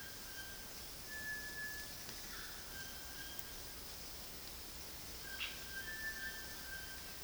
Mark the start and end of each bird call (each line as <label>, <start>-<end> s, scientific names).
Ramphastos tucanus, 0.00-0.58 s
Tinamus guttatus, 1.07-1.88 s
Ramphastos tucanus, 2.29-3.44 s
Ramphastos tucanus, 5.23-6.98 s
Tinamus guttatus, 5.76-6.40 s